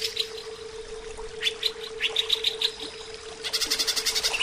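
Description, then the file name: Greater green leafbird song: bright, high chirps and short whistled notes, then a fast run of rapidly repeated notes near the end, over a steady low hum. Bird training (terapi). "terapi cucak ijo"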